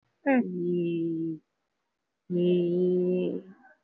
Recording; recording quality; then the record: sustained vowel as in beet; excellent, no background noise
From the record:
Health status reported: respiratory illness, not identified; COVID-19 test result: not tested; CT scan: taken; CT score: 0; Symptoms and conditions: cough, cold, pneumonia, hypertension, diabetes, another condition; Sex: female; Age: 68 years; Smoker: no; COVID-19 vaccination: none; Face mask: not worn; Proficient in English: no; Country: India